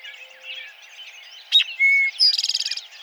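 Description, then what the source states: Eastern towhee song: a sharp opening note, a clear steady lower whistle, then a fast trill, over a busy chorus of other chirping birds. Recorded 3 July 2007.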